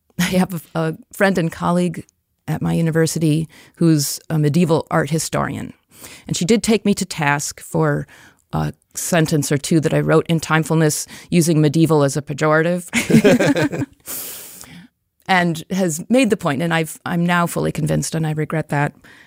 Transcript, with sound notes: I have a friend and colleague at my university who’s a medieval-art historian, and she did take me to task for a sentence or two that I wrote in Timefulness, using medieval as a pejorative term, [laughs] and has made the point, and I’m now fully convinced, and I regret that,